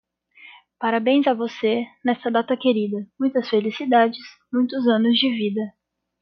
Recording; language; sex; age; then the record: short text; Brazilian Portuguese; female; 20 to 29 years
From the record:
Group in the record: control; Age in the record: 24 years